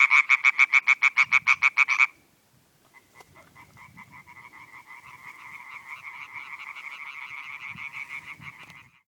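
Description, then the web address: European tree frog calls: a loud burst of about a dozen rapid, harsh, evenly spaced croaks in two seconds, then a pause and a softer, steady stream of quick notes. Several tree frogs. "Viltansou Rainettes. la rainette verte"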